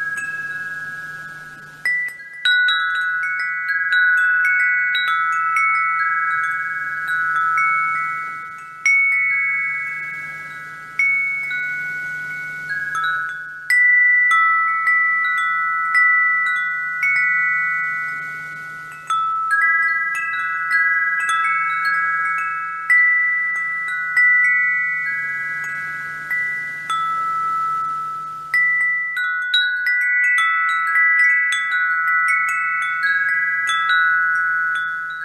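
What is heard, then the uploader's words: Wind chimes ring almost continuously, their clear metal tones striking in irregular clusters that overlap and slowly fade. Bursts of ringing come every few seconds with brief thinner moments between them. A soft low hum sits steadily underneath, briefly dropping out near the end. Soothing Wind Chimes. Wind Chimes sway in rhythm with the breeze.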